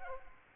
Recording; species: mosquito wingbeat signal from an infrared sensor; Culex pipiens